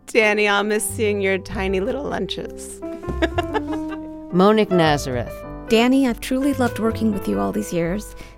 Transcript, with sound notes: Danny, I'll miss seeing your tiny little lunches (laughter).
...Monique Nazareth...
Danny, I've truly loved working with you all these years.